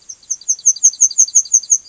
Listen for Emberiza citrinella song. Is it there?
yes